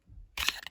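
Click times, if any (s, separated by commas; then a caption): 0.5 s. A fixed-blade knife is pushed into its plastic sheath, feeling a little odd going in, with a low rustle followed by a bright scraping insertion noise. It clicks into the sheath at 0.5 s, and a smaller tick follows near 0.7 s.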